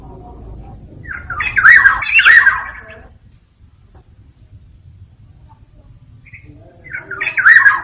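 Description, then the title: Black-naped oriole giving harsh, nasal squawks with a looping tonal note, two in quick succession, then quiet, then another squawk near the end; faint steady high hum throughout. Black-naped oriole in active full song in the 'ngeplong' style, recorded as a training and therapy track for birdkeepers. "KEPODANG EMAS GACOR NGEPLONG I TERAPI"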